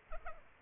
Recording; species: mosquito wingbeat signal from an infrared sensor; Aedes aegypti